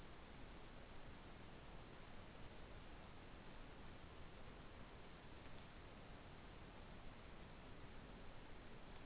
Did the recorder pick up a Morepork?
no